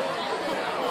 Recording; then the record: coughing mixed with background sound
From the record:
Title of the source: Spring Allergy Coughing